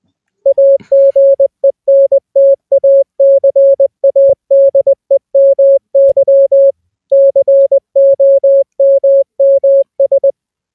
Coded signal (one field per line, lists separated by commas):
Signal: Morse code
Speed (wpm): 20 wpm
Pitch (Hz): 550 Hz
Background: music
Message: AGENTACADEMY COMMS